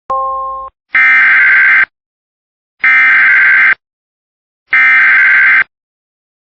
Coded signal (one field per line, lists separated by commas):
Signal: Emergency Alert System (SAME) tones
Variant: header bursts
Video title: Flash Flood Warning EAS Coos County NH